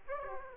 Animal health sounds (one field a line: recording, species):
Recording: mosquito wingbeat signal from an infrared sensor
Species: Aedes aegypti